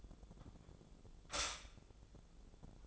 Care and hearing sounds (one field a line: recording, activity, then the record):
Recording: daily activity, microphone in the room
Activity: stop toaster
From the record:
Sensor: 5